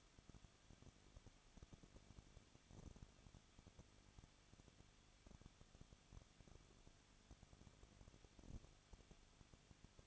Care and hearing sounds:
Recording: daily activity, microphone in the room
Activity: no activity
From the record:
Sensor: 4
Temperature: 23.0 degrees Celsius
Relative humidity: 34.2%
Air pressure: 1007.3 hPa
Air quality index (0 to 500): 214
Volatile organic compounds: 14 ppm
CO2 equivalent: 2469 ppm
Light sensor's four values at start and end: 2/3/1/1 and 2/3/1/1

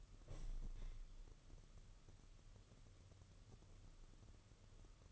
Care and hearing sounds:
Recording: daily activity, microphone in the room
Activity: open window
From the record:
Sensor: 4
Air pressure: 995.2 hPa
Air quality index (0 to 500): 190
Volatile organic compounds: 114 ppm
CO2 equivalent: 3842 ppm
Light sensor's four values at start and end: 4/10/4/4 and 5/11/4/4

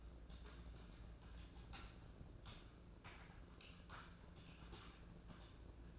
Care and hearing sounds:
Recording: daily activity, microphone in the room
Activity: typing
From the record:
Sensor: 2

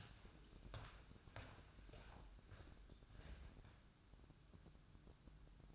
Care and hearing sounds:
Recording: daily activity, microphone in the room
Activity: walk to room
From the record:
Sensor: 2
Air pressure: 1008.0 hPa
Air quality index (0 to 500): 118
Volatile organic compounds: 1 ppm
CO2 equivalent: 878 ppm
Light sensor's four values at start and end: 8/18/7/7 and 8/18/7/7

